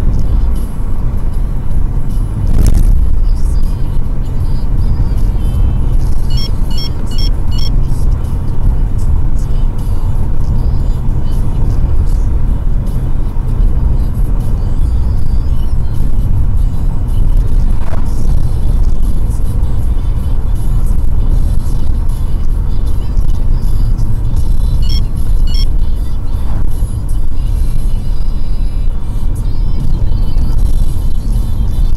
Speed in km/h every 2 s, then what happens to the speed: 87, 84, 85, 84, 85, 86, 84, 85, 81, 82, 78, 77, 71, 71, 69, 73.
0-18 steady at about 84. 18-28 slows to 69.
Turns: none.